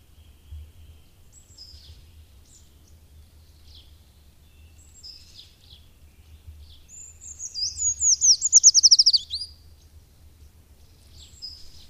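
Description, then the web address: Eurasian treecreeper singing a high, thin phrase that accelerates into a falling trill, after scattered soft high notes. "agykontroll Madardalok Cd 1. Hegyi fakusz"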